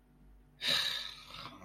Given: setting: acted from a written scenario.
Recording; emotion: vocal sound without words; sadness